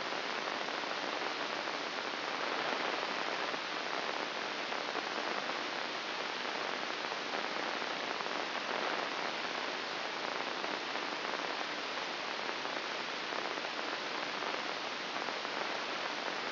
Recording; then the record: brain microelectrode recording played as sound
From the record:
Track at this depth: inside the subthalamic nucleus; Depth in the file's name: 1.407 mm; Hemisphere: right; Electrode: 2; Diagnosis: Parkinson's disease